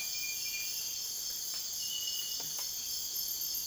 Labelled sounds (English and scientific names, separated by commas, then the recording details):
none
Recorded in dense forest near Puerto Asís, Putumayo, Colombia, on 23 June 2025 at 02:30
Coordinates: 0.484, -76.325
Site H65